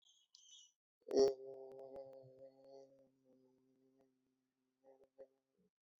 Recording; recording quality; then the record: sustained vowel as in made; excellent, no background noise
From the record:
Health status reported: healthy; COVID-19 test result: negative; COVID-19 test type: RT-PCR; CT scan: not taken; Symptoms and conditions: cold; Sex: male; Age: 29 years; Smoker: no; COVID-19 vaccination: one dose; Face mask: not worn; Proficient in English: yes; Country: India